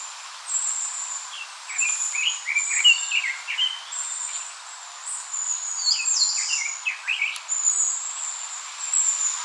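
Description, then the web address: Eastern crowned warbler song: two bursts of quick, slurred notes a few seconds apart, with a thin high-pitched buzzing sound running through much. Recorded 29 April 2014. "birdenaga sendaimusikui S 140429"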